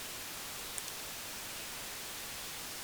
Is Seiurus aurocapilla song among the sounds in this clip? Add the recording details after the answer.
no. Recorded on 24 June 2016 at 05:56. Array SBT-6-76